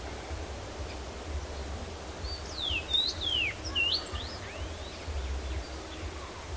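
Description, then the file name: Common rosefinch singing one whistled phrase of swooping, slurred notes in the middle, with steady low rumble underneath. "Dmitry Kulakov - Obyknovennaya chechevica Carpodacus erythrinus"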